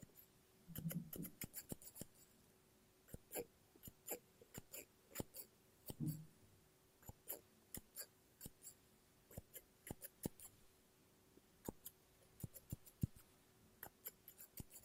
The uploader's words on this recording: ASMR Scissors No Talking Snips and Cutting Paper.